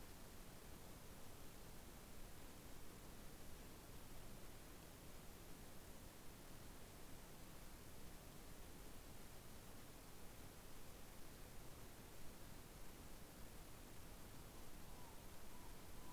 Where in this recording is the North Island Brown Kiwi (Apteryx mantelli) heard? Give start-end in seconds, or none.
none